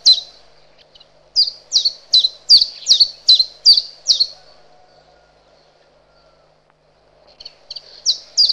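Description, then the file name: Common chiffchaff song: a run of about eight sharp, evenly spaced high notes, then after a long pause a few more notes starting again near the end. "Zilpzalp"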